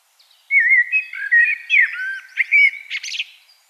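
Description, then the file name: Common blackbird singing one loud phrase of varied, liquid fluted notes that ends with a burst of high, squeaky twittering. "Turdus merula"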